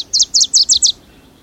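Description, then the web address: Wilson's Warbler song heard as several crisp, high chip notes, evenly spaced. Near summer's end. "Birdnote. Wilson s-Warbler"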